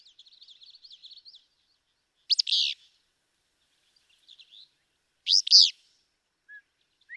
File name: Willow Flycatcher